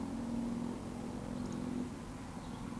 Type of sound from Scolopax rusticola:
whistle